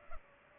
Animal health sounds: mosquito wingbeat signal from an infrared sensor; Culex pipiens

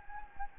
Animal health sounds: mosquito wingbeat signal from an infrared sensor; Anopheles gambiae

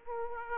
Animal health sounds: mosquito wingbeat signal from an infrared sensor; Aedes aegypti

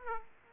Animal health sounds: mosquito wingbeat signal from an infrared sensor; Aedes aegypti

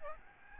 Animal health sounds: mosquito wingbeat signal from an infrared sensor; Aedes albopictus

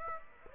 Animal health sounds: mosquito wingbeat signal from an infrared sensor; Aedes aegypti

